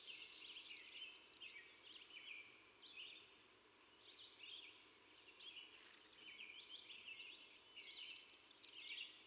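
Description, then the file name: American redstart song: a quick run of five or six high, downslurred notes ending in an upswept flourish, heard twice about seven seconds apart in otherwise quiet surroundings. "Setophaga ruticilla - American Redstart"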